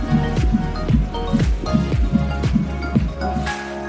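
Fast, steady soft thumps near 150 a minute under light music, the typical quick rhythm of a fetal heartbeat.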